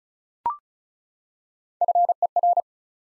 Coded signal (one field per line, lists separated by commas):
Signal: Morse code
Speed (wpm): 36 wpm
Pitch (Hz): 700 Hz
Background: none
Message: FER